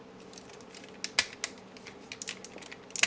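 With the steering wheel folded inside, the plastic panel on the car body of a large-scale MS (Magic Square) transforming robot toy is pressed shut. Loud plastic snaps land at 1.2 s and 3.0 s, along with lighter clicking and handling noise. The panel is locked back in place.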